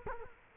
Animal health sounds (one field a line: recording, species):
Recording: mosquito wingbeat signal from an infrared sensor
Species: Culex quinquefasciatus